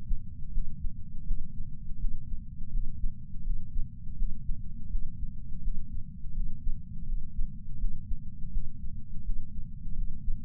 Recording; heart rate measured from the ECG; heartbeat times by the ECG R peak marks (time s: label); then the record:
heart sounds by patch sensor on the chest; 83 bpm
0.51 s: heartbeat
1.24 s: heartbeat
1.98 s: heartbeat
2.70 s: heartbeat
3.43 s: heartbeat
4.15 s: heartbeat
4.89 s: heartbeat
5.61 s: heartbeat
6.33 s: heartbeat
7.05 s: heartbeat
7.77 s: heartbeat
8.51 s: heartbeat
9.23 s: heartbeat
9.94 s: heartbeat
From the record:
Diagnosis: coronary artery disease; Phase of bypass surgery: postoperative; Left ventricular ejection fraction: 62.1%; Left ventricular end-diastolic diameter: 45 mm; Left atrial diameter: 35 mm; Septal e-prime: 9.8 cm/s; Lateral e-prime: 10.5 cm/s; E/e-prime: 7.1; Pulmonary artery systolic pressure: 25 mmHg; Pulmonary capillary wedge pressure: 8 mmHg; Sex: male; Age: 58 years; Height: 172 cm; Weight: 75 kg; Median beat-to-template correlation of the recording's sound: 0.93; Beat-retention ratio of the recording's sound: 0.99